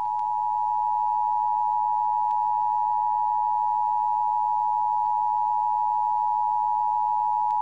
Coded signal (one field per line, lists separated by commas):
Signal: Emergency Alert System (SAME) tones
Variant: 853 and 960 Hz attention tone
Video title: (YOUTUBE FIRST!) (EAS #8) (WCVV-FM) Flood Warning For Athens OH (1/29/2024)